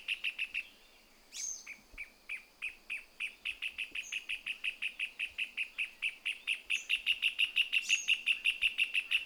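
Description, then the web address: Pale-legged hornero song: a few sharp notes, a short pause, then piping notes that speed up into a rapid, even chatter, with occasional thin high whistles. "sound Pale-legged-hornero. صدای-پرنده-هورنرو-پاروشن"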